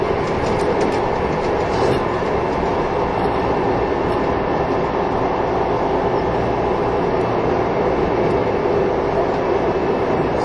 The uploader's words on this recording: 近鉄16000系 吉野特急4508レ 01/01:吉野～大阪阿部野橋. This is the train running sound (still image) of the ``Yoshino Express''.